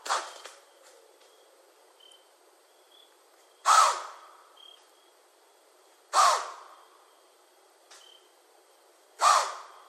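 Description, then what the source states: White-tailed deer giving sharp, breathy snorts, four harsh blasts roughly every two and a half to nearly four seconds, with faint thin bird notes in the background. Recorded on 11 January 2012.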